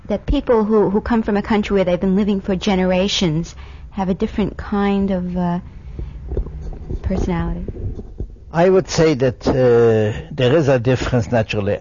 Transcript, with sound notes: that people who come from a country where they have been living for generations have a different kind of personality? (microphone noise)
I would say that there is a difference, naturally.